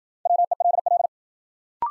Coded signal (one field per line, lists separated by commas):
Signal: Morse code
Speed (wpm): 53 wpm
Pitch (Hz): 700 Hz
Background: none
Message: WELL